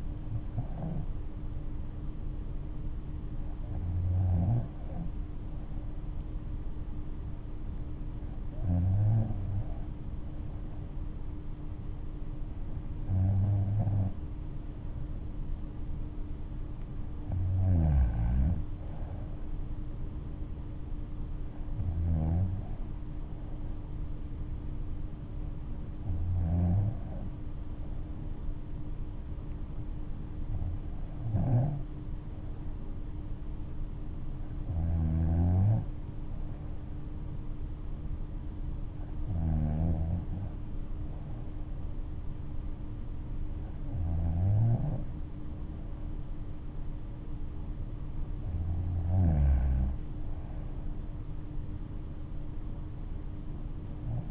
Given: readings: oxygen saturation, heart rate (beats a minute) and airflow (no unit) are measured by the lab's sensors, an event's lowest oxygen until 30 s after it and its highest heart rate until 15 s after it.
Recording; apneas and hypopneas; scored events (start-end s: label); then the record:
breathing in sleep by a smartphone at the bedside; none
none scored
From the record:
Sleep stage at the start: N3 (deep sleep); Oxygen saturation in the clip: 95 to 96%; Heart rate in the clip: 59 to 68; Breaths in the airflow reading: 12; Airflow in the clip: -6.7 to 7.8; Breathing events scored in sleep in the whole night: 228 in 5.4 hours asleep